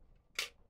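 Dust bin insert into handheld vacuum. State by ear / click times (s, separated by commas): seated / 0.4 s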